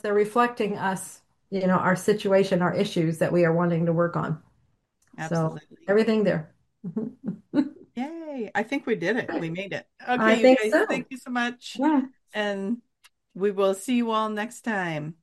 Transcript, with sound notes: they're reflecting us, you know, our situation, our issues that we are wanting to work on.
Absolutely.
So everything there. (laughs)
Yay. I think we did it.
All right.
We made it. Okay, you guys.
I think so.
Thank you so much.
Yeah.
And we will see you all next time.